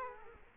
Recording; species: mosquito wingbeat signal from an infrared sensor; Culex quinquefasciatus